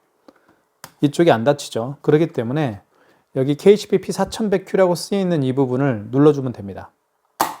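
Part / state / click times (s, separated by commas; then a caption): paper roll cover on a handheld card payment terminal / seated / 7.4 s. Someone talks while loading a paper roll into a KCP-P4100Q handheld wireless card payment terminal, then presses the plastic paper-compartment cover where the model name is printed. The cover snaps shut with a sharp click at 7.4 s, seating it closed.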